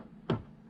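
A threaded fuse holder screw cap is set back onto the fuse socket of a PECRON E1500LFP portable power station and turned backwards (counter-clockwise) before being screwed in. A single short, quiet click at 0.3 s rises above a low steady background as the thread starts line up and drop into place. The cap is seated with its threads started fresh.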